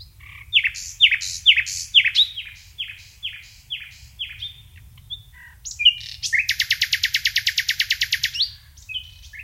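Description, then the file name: Common nightingale song: slow repeated downslurred notes about twice a second, then a fast, evenly pulsed rattling trill lasting about two seconds. "Luscinia megarhynchos"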